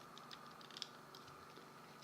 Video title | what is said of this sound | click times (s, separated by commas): Transformers AoE Deluxe Class Retail Versus Custom G1-Inspired Snarl - GotBot True Review NUMBER 69 | and make sure that that locks in just like so you might hear a click you might not | 0.8 s